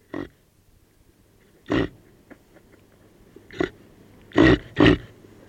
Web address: reindeer